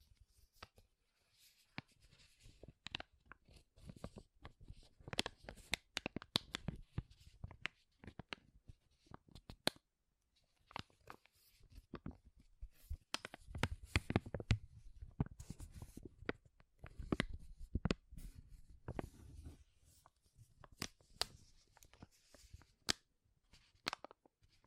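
Powerful crinkles of stiff material, a dense run of sharp crackling snaps that come in irregular bursts across the whole clip. The crackle is bright and busy, with heavier crumpling and a low rustle thickening it around the middle, then thinning toward the end.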